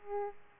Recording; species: mosquito wingbeat signal from an infrared sensor; Aedes aegypti